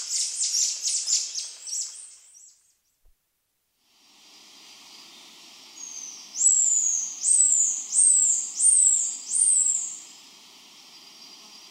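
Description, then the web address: Silvery-brown bare-face tamarin calls: rapid high chattering at first, a pause, then five shrill sliding whistles in a steady series. Primate of the South American rainforest. "Nature Songs S America Primates of the Rainforest Silvery-brown bare-face tamarin"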